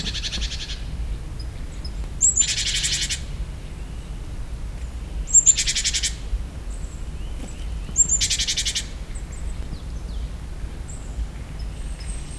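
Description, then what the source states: Great tit giving buzzy, harsh churring bursts about every three seconds, with thin high notes, over a low steady rumble. In nature; another call type of the species.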